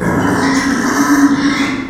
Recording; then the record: squeal of a Yucatan mini pig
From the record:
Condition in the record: after surgery on the right vocal fold (resection and tissue-engineered implant); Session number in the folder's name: 4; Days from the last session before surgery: 26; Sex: female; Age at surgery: 19 weeks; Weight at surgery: 25 kg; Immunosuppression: prednisolone